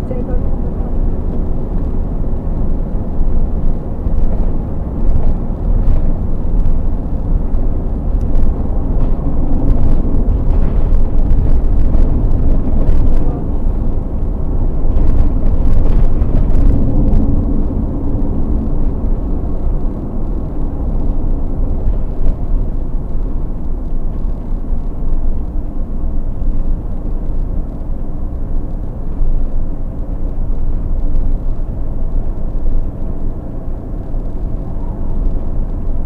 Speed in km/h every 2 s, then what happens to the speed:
88, 90, 90, 90, 90, 88, 87, 87, 83, 81, 81, 75, 74, 72, 72, 70, 72, 72.
0-14 steady at about 88. 14-25 slows to 72. 25-36 steady at about 72.